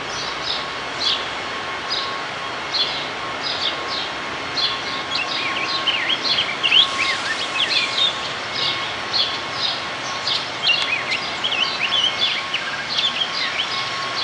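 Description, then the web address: Rose-breasted grosbeak song, rapid, liquid warbling with short rising and falling notes, among sparse high chirps and steady hiss. "Rose-breasted Grosbeak Rose-breasted Grosbeak BSB 2006"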